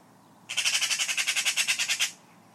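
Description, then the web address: Bird calling in a fast series of about fifteen grating, buzzy pulses, steady in pitch and loudness, stretched over roughly a second and a half. "cianscape birddata Deverinetal"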